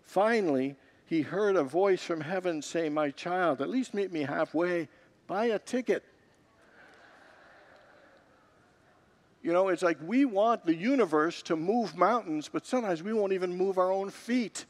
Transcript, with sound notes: Finally, he heard a voice from heaven say, “My child, at least meet me halfway. Buy a ticket.” [Congregants laugh] It’s like we want the universe to move mountains, but sometimes we won’t even move our own feet.